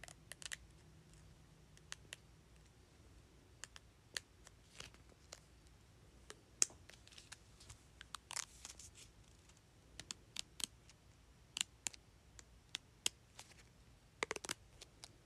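Sticky notes are flipped and tapped, making sharp, dry clicks and short papery flicks at an uneven pace, a few every second with brief pauses. The sounds are crisp over a faint low hum.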